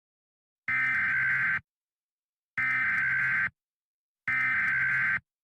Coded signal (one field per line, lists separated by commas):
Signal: Emergency Alert System (SAME) tones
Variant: header bursts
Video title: EAS Scenario: The Return Of My Late Grandparents